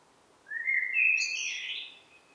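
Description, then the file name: Common blackbird giving a single rising fluted phrase that breaks into a brief high, squeaky twitter. "Turdus merula"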